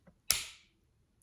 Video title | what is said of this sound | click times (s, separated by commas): How to Open and Close Foldable Trekking Poles | closing like that to ensure that this is secure and locked into place but | 0.3 s